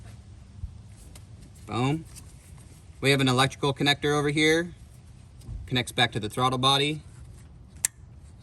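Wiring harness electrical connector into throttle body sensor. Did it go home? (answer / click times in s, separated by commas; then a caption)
yes / 7.8 s. A wiring harness electrical connector is pushed onto the throttle body sensor of a Toyota 3.0 V6 3VZ-E during a valve cover gasket installation. Someone talks, then a sharp plastic click at 7.9 s marks the connector locking into place, fully seated.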